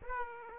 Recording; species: mosquito wingbeat signal from an infrared sensor; Aedes aegypti